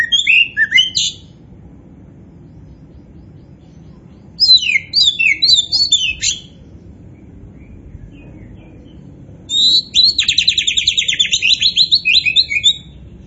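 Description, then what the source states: Oriental magpie-robin singing in three separate bursts of sharp, high notes; the last burst is a fast, buzzy trill of rapidly repeated notes, with quiet gaps between bursts. Kacer poci variety, described as gacor (singing vigorously and continuously).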